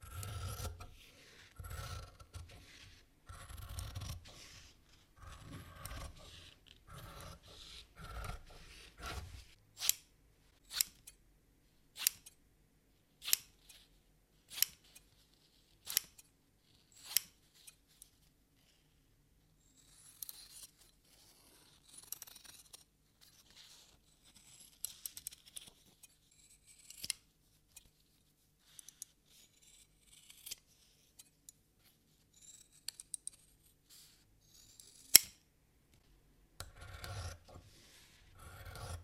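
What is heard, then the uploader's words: Heavy tailor's scissors slice through stiff waxed cotton in long rasping strokes, then sharp isolated snips, before dense cutting resumes near the end. ASMR: professional tailor scissors cutting waxed cotton fabric.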